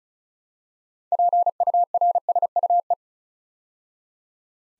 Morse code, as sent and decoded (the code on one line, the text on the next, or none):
.--. ..- .-. ... ..- .
PURSUE